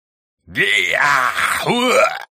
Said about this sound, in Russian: Со стороны тролля добрались вопли боли. Прелестно, так этой твари и надо.